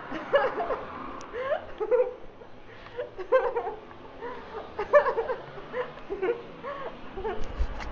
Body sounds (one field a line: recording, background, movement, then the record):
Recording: laughter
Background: traffic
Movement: walking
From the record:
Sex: female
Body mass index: 18.8 kg/m2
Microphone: on the chest, facing outward